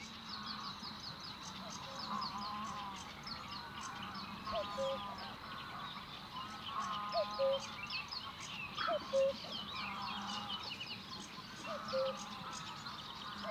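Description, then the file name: Cuckoo's soft two-note calls repeated four times, partly buried in a busy chorus of chirping and twittering songbirds with a low background hum. "minutes of cuckoos"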